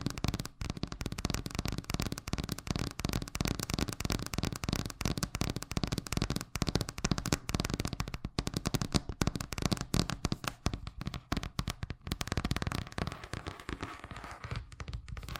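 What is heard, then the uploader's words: Fast tapping runs continuously for the whole clip, a dense, rapid stream of sharp clicks with slight unevenness and brief dips between bursts. ASMR Braingasm Inducing Fast Tapping (No Talking).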